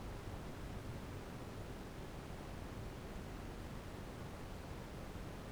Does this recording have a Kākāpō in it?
no